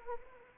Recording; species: mosquito wingbeat signal from an infrared sensor; Anopheles arabiensis